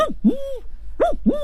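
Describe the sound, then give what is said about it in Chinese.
A jaw harp, held in the mouth and plucked by hand, imitates an older cuckoo's call: two pairs of hooting two-note phrases, each note swooping up and down in pitch with a buzzy, twangy overtone, played without any talking. “对，也有布谷鸟，布谷鸟就是它这个声音都是不一样的， 嗯， 因为这个年轻的布谷鸟这个叫法和这个老的布谷鸟都是不一样的。”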